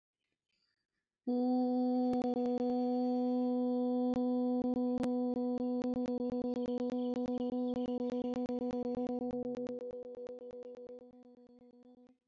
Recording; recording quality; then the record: sustained vowel as in boot; moderate, slight background noise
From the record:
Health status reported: healthy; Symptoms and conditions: none ticked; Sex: female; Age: 29 years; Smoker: not ticked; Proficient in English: no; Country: India